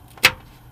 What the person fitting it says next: Snaps into place.